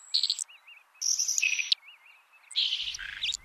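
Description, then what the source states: Saltmarsh Sparrow whispery song, three short hissing, buzzy bursts with faint wavering notes between them. Male gives a quiet, whispery song. The species breeds from Maine to Maryland and winters from Cape Cod to Cape Canaveral, living only in salt marshes.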